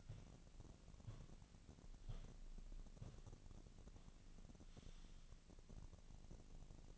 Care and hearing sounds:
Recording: daily activity, microphone in the room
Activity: walk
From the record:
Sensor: 4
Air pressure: 1013.0 hPa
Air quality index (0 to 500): 175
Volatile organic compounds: 2 ppm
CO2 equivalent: 1106 ppm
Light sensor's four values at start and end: 61/152/64/68 and 61/151/64/68

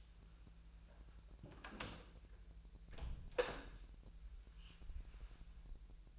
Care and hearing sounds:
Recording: daily activity, microphone in the room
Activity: close door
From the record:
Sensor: 2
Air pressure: 1001.1 hPa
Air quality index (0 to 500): 249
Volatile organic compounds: 90 ppm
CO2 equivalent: 3686 ppm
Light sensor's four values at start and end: 10/24/10/10 and 10/24/10/10

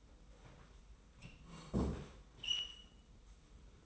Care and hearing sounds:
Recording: daily activity, microphone in the room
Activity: sit down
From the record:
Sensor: 1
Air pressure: 990.5 hPa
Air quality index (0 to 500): 152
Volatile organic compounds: 1000 ppm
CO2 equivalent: 5525 ppm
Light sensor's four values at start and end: 32/74/32/34 and 32/75/32/35

